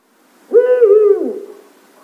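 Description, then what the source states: Eurasian eagle-owl giving a single deep, slightly wavering hoot that lasts under a second, with a quiet background. Calls every 6-7 seconds; heard at night in complete darkness during a walk along the park alley in Śmiełów, Żerkowsko-Czeszewski Landscape Park.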